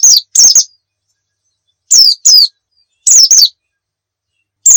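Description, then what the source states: White-eye calls: pairs of high, downslurred chirps separated by silent gaps. Pleci of the Muria type, recorded as a masteran, a tutor recording of song for cage birds.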